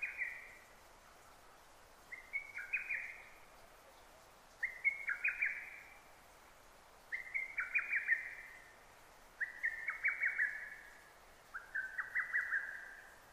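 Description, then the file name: Lesser cuckoo song: six rapid, chattering whistled phrases in steady succession, each a short run of sharp notes. Recorded 6 June 2009. "hototogisu 20090606"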